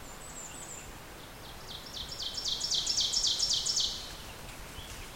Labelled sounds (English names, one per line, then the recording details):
Ovenbird song
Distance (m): 30 m
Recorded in boreal forest in Alberta, Canada, on 14 June 2016 at 06:03
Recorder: SongMeter 3, array SBT-3-33
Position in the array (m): 108 m, 20 m
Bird 21